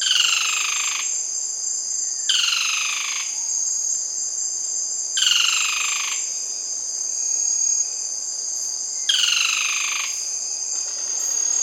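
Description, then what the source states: Olive-backed foliage-gleaner song: repeated short downward-sweeping rattles, four bursts at irregular intervals, with a continuous high-pitched whine throughout. Recorded on 7 September 2010.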